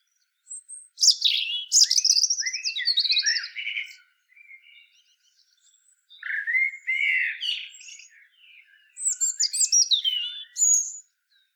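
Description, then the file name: European robin song: high, thin warbling phrases with trills, a short quieter pause, then two more varied twittering phrases. "Erithacus rubecula"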